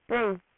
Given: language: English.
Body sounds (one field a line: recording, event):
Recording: throat vibration sensor signal played as sound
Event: speech